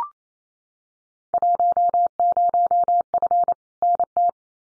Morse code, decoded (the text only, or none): 10F NT